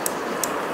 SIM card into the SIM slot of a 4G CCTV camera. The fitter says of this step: असा आवाज येईल कटकन आवाज आला म्हणजे ते सिम आपलं पूर्णपणे यामध्ये फिट झालेलं आहे